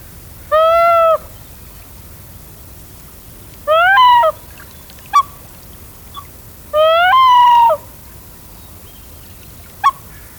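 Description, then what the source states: Common Loon yodel: three rising, arching phrases about three seconds apart, with short quiet notes between. Male's territorial yodel, used to announce itself and call a rival out of hiding to judge its size.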